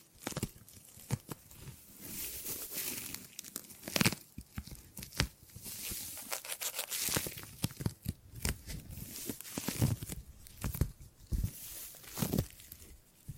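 Gripping and grabbing sounds: hands rustle and crinkle against a material in a dense, irregular run of scraping and crunching. Sharper grabs stand out near four, seven, ten and twelve seconds. The handling never stops for the full length, with only brief quieter gaps.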